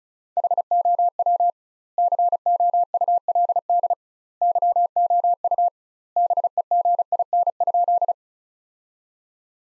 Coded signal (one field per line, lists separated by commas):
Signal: Morse code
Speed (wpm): 36 wpm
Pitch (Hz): 700 Hz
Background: none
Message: HOW COULD YOU BEGIN?